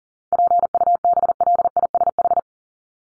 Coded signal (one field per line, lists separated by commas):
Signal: Morse code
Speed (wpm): 40 wpm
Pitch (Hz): 700 Hz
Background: none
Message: PUBLISH